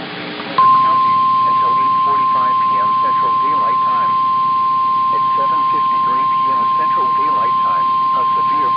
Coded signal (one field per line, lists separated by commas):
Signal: Emergency Alert System (SAME) tones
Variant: 1050 Hz attention tone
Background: speech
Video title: The Madness of Storms part 4 -- eas alerts from march and april (eas #109 - #123)